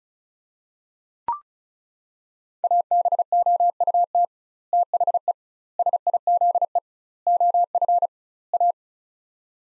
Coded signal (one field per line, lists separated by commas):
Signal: Morse code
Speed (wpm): 36 wpm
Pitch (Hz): 700 Hz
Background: none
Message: ABOUT THE SIZE OF A